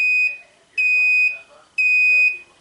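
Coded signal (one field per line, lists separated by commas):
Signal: beep code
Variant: Deep Freeze BlueTipz receiver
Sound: three shrill high-pitched beeps about half a second each, first one clipped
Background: faint room noise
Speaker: After you hear a series of 4 beeps, it now means that we can hear any unit again.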